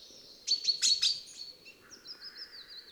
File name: Fringilla coelebs